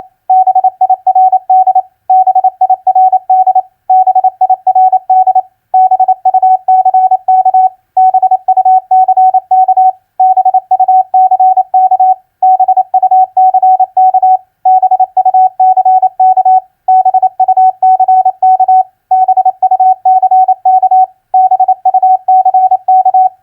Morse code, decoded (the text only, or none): BIRD BIRD BIRD BUCK BUCK BUCK BUCK BUCK BUCK BUCK BUCK